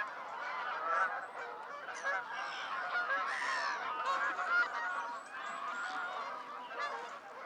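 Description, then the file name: Goose: geese giving nasal honking calls in a busy overlapping chorus, with brief louder honks scattered through. Flock of geese in flight. "freesound Flying geese"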